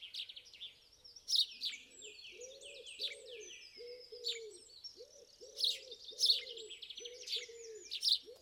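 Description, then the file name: House sparrow chirping and twittering softly, with steady low cooing notes repeating underneath. "Passer domesticus"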